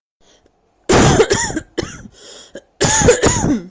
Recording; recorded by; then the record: voluntary cough; messaging app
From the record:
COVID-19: negative